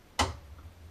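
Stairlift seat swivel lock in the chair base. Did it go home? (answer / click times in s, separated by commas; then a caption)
yes / 0.2 s. A stairlift seat is swiveled to the 90-degree position, and its swivel lock in the chair base latches with a single sharp click at 0.2 s. A low hum continues underneath. The seat is locked firmly into place.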